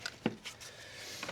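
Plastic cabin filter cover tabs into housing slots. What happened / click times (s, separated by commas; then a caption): The plastic cover tabs snapped into their slots / 1.2 s. On a 2019 Kona, a plastic cabin filter cover is worked back into place, its small tabs fiddled into the slots in the housing behind it, which are hard to get in and take some finagling. Faint plastic taps and a sharper knock come at 0.1 s and 0.3 s over quiet handling noise, then a light click at 1.2 s as the tabs snap into their slots and the cover seats.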